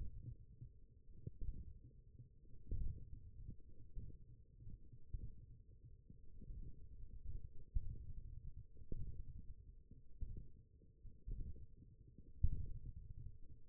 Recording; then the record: forearm muscle sounds (acoustic myography)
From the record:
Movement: wrist flexion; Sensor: system 1, eight BSWA MPA416 microphones around the upper forearm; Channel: 7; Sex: male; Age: 20 years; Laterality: left